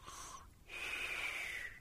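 A short snorting, whistly breath, a person's imitation of the snore of a sleeping bulldog puppy named Rocky, asleep on someone's lap after a trip to the vets.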